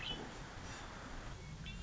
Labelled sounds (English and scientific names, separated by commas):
Red-winged Blackbird (Agelaius phoeniceus)